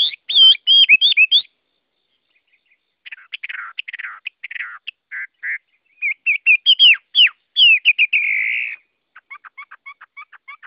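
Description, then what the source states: Chinese hwamei song with loud whistled flourishes, a pause, then buzzy notes, a bright whistled sequence and a closing series of short clipped notes. Chinese hwamei singing in the wild forest-voice song style (giọng rừng).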